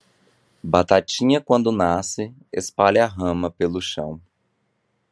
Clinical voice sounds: short text; Brazilian Portuguese; male; 30 to 39 years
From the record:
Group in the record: control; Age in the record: 32 years

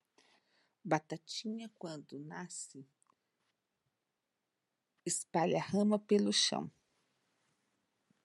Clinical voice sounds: short text; Brazilian Portuguese; female; 50 to 59 years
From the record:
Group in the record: control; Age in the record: 51 years

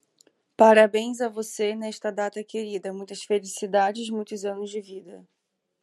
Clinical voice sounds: short text; Brazilian Portuguese; female; 30 to 39 years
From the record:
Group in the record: control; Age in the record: 32 years

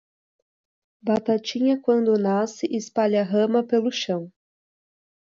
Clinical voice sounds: short text; Brazilian Portuguese; female; 20 to 29 years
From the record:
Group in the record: control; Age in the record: 20 years

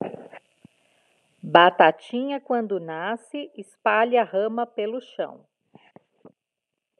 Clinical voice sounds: short text; Brazilian Portuguese; female; 40 to 49 years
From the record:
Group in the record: control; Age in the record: 47 years

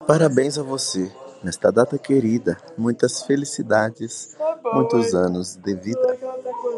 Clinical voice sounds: short text; Brazilian Portuguese; male; 20 to 29 years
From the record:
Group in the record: control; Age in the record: 24 years

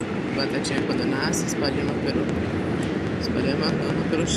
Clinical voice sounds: short text; Brazilian Portuguese; female; 30 to 39 years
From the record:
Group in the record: control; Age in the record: 37 years

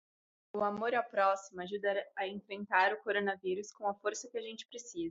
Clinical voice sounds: spoken sentence; Brazilian Portuguese; female; 20 to 29 years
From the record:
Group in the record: control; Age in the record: 23 years

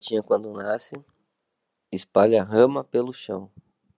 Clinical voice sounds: short text; Brazilian Portuguese; male; 20 to 29 years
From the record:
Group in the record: control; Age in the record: 25 years

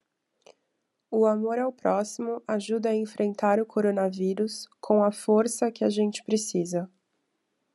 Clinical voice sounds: spoken sentence; Brazilian Portuguese; female; 30 to 39 years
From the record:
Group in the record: control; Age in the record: 33 years

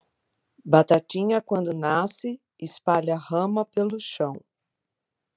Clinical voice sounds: short text; Brazilian Portuguese; female; 50 to 59 years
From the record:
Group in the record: control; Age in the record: 50 years

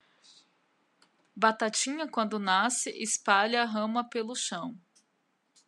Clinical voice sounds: short text; Brazilian Portuguese; female; 30 to 39 years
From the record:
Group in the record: control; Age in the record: 38 years

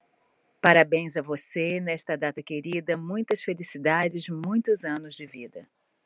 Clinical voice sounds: short text; Brazilian Portuguese; female; 50 to 59 years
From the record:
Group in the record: control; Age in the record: 54 years

